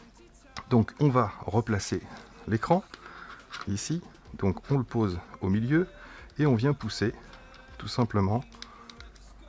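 A small display screen is placed in the middle of an FPV goggle body and pushed in toward the back of the housing while someone talks. A few brief, sharp sounds occur around 8.9 to 9.2 seconds, but the screen has not clipped into place yet when the clip ends.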